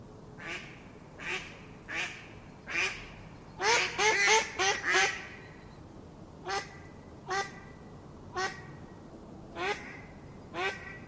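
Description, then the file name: Mallard quacking, spaced nasal quacks, a fast burst of several calls in the middle, then steady single quacks about once a second. "mallard duck sound"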